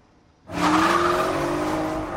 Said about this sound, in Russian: Серебристый Порше мчится по дороге мимо полей.